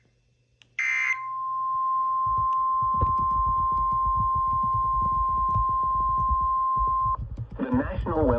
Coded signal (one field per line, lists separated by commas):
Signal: Emergency Alert System (SAME) tones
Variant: 1050 Hz attention tone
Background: speech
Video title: PRIMETIME STORMS!! | EAS Alerts from 6/22/26